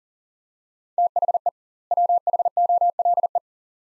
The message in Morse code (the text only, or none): THE WHOLE